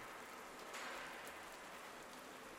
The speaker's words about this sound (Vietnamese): Cái xóm nghèo chìm ngập trong cơn mưa nặng hạt, thỉnh thoảng tiếng trống đám ma vang lên, càng khiến cho buổi chiều thêm sầu não.